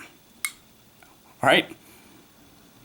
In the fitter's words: Boom. It sits in and locks it up.